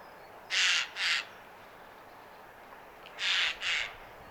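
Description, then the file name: Eurasian jay calls in two pairs of harsh, noisy screeches, each pair quickly doubled, separated by a quiet gap of about two seconds. "Garrulus glandarius"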